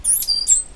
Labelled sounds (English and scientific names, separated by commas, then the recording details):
Stitchbird (Notiomystis cincta) song
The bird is a male
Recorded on Tiritiri Matangi Island, New Zealand, in 2005
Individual 8, of nest box 10